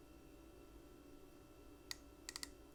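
The piston knob of a Wancher Seven Treasures fountain pen is turned with the nib in an ink bottle to draw up ink, over a steady low background hum. Short, sharp clicks come at 1.9 s, 2.3 s, 2.4 s and 2.4 s as the mechanism reaches the end of its travel, signalling that filling is done.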